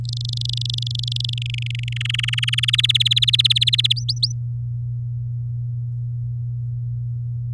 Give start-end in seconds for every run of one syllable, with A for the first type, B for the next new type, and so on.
0.05-1.34 A, 1.38-1.93 B, 1.96-2.76 C, 2.78-3.93 D, 3.96-4.32 E